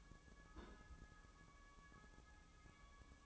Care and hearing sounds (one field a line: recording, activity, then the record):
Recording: daily activity, microphone in the room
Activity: place on stove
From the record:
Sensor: 1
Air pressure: 1008.1 hPa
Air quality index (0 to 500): 130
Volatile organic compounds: 2 ppm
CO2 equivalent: 1098 ppm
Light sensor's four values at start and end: 8/18/7/8 and 8/18/7/8